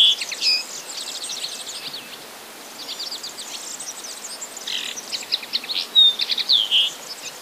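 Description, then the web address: Common linnet song in soft twittering phrases of chirps and short trills, quieter in the middle and stronger toward the end. "wroblowe kolekcja makolagwa"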